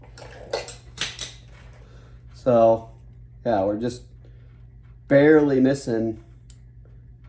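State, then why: Seated. A crimped wire terminal is pushed into the plastic connector housing of a Harvest Right freeze dryer harness during an epoxy harness replacement, with short scraping taps early on as it just barely misses. Someone talks, and at 6.5 s the terminal catches with a sharp click and seats in the housing.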